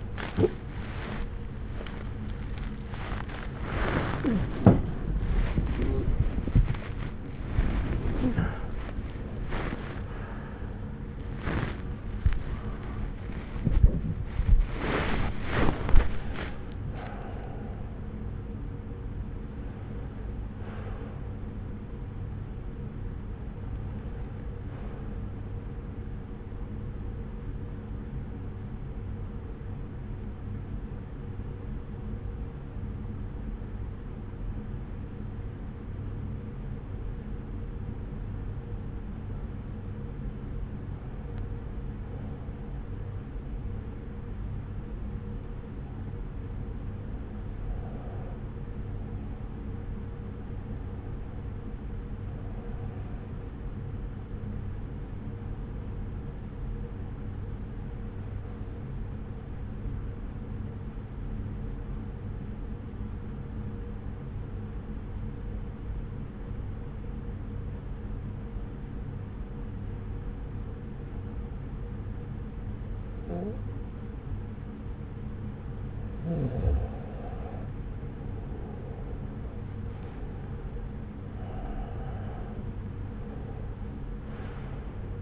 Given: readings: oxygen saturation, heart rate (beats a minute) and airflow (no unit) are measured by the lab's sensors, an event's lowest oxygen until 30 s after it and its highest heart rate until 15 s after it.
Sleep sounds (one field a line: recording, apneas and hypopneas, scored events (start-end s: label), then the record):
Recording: breathing in sleep by a smartphone at the bedside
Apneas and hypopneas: 1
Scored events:
10.00-40.00 s: new sleep stage, awake
12.00-42.00 s: awake
29.00-77.90 s: hypopnea (scored as awake, oxygen 97% highest, then 87% lowest)
40.00-85.22 s: new sleep stage, N1 (lightest sleep)
From the record:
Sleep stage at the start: REM sleep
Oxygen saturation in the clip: 91 to 97%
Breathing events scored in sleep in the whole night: 303 in 8.1 hours asleep